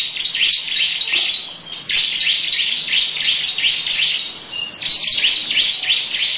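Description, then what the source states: Lovebird song in long rapid bursts of rasping, buzzy chirps, dipping briefly twice before carrying on. Long "ngekek panjang" song.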